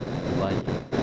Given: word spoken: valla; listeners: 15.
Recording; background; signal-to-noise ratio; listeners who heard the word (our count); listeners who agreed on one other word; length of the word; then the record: one Spanish word in noise, from a listening test; noise modulated by three-talker babble; -4.1 dB; 3 of 15; 6 of 15; 0.63 s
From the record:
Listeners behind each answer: 6, 3, 2, 1, 1, 1, 1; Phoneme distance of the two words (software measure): 10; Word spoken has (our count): 2 syllables, 4 phonemes, stress on syllable 1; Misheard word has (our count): 2 syllables, 4 phonemes, stress on syllable 1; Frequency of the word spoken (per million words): 4.54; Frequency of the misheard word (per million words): 50.16